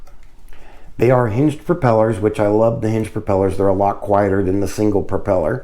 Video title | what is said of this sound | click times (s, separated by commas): Ruko F11 Mini Drone Full Review & Tutorial (Unboxing, Setup, Test Flight) #ruko #drones #review #fun | They're locked in really good, so that is cool. You can hear them just pop right in. | 0.1 s, 0.2 s, 0.5 s